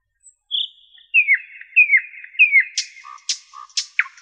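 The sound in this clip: Common nightingale song opening with a clear whistle, then repeated descending slurred notes and sharp, high clicking notes.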